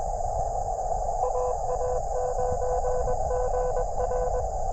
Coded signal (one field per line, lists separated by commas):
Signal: Morse code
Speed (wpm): 21 wpm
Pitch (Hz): 500 Hz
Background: none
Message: AA9GR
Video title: K2EJT CW POTA at Mercereau Park? That's not a POTA park.....